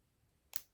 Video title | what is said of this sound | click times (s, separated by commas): Orlandoo OH32A03 Parts Bag D Steps 24 30 | There we go, and it clicked into place. | 0.6 s